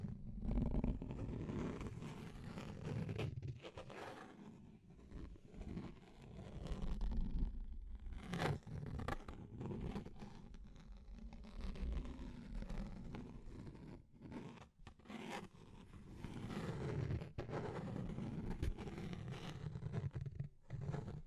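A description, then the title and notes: Steady deep scratching with rough, raspy strokes in continuous low-heavy bursts, punctuated by brief sharper scrapes around eight and fifteen seconds. Deep Scratching. (No Talking).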